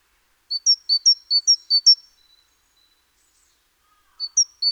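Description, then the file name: Great tit calling in high, clear alternating notes, a rapid run of about eight, then silence before a few more notes return at the end. "Parus major"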